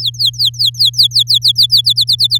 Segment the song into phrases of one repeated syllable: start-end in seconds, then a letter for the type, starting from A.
0.01-1.81 A, 1.84-2.39 B